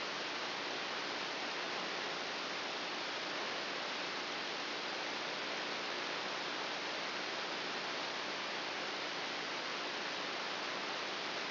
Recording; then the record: brain microelectrode recording played as sound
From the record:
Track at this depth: inside the subthalamic nucleus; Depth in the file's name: 2.404 mm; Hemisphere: right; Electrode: 3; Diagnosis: Parkinson's disease